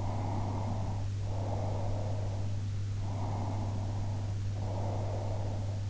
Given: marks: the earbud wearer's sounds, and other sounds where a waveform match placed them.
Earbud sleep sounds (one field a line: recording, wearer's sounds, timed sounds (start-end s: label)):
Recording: sounds in sleep by an in-ear microphone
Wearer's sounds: breath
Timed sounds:
0.03-2.62 s: breath
3.20-5.71 s: breath